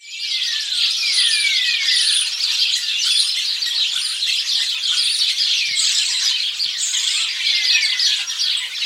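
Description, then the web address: Bird calls: several thin whistles sliding downward, heard over a dense, steady high-pitched background chorus. "Deverinetal 2025. Bird Only"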